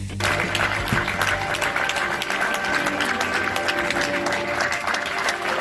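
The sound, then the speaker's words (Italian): A large crowd applauds steadily at the funeral of the town's mayor in Saviano, near Naples, Italy: a dense, continuous wash of clapping that holds at an even loudness for several seconds, with a faint sustained ringing of bells underneath. “Con gli applausi, la gente tutta insieme, le campane che suonano”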